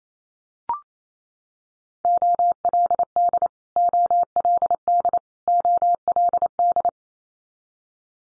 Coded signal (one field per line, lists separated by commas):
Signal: Morse code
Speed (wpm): 28 wpm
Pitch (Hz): 700 Hz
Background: none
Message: OLD OLD OLD